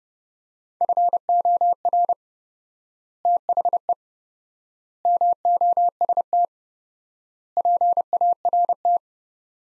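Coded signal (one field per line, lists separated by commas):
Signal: Morse code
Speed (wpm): 30 wpm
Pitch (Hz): 700 Hz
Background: none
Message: FOR THE MOST PART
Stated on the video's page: 30 wpm Morse practice of four-word sets with 4x word spacing, a Farnsworth-like drill for head-copying phrases, each set followed by speech.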